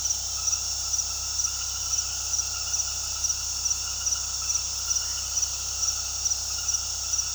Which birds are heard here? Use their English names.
none